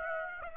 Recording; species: mosquito wingbeat signal from an infrared sensor; Aedes aegypti